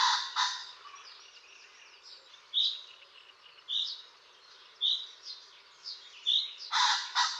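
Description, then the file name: Common pheasant crows with harsh two-note bursts at the start and again near the end, while small birds sing varied whistles and chirps between. "bazant"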